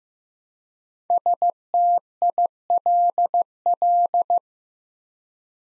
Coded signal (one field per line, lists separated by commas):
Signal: Morse code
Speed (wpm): 15 wpm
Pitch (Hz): 700 Hz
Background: none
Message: STILL